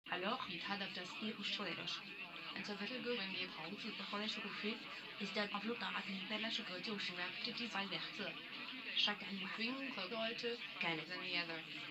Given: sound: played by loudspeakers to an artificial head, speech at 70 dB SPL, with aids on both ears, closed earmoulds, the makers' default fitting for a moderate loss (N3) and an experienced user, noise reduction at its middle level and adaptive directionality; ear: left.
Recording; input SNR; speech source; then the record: speech test signal (ISTS) in cocktail-party noise; +9 dB; on the right (90 degrees)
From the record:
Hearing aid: class 1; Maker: D